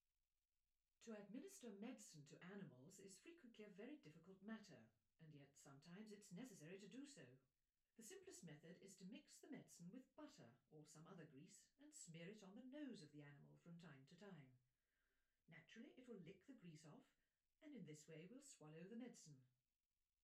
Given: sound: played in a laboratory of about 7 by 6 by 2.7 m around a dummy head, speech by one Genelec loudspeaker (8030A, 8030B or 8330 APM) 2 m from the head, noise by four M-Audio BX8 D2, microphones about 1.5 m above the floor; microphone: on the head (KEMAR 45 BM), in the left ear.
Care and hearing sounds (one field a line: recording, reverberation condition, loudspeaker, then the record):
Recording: female speech in English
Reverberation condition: low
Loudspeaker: 120 degrees to the right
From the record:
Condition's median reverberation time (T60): about 310 ms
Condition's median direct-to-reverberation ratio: about 3.5 dB